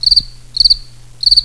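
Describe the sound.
Cricket chirping: three short high pulsed chirps, one about every 0.6 seconds, each a quick trill of a few pulses, over a faint steady low hum.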